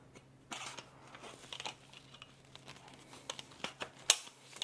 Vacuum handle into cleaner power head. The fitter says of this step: So that would lock into place like so.